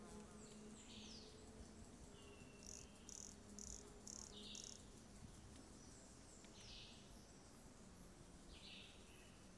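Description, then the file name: Sulphur pumpkin toadlet: frog calling a short series of high, clipped notes, about two per second, over steady insect hiss, with slurred whistles and chirps around it. Recorded 18 September 2016; local name biquinha; specimen not collected. "Brachycephalus sulfuratus Biquinha not collected 18 set 2016 MRBornschein"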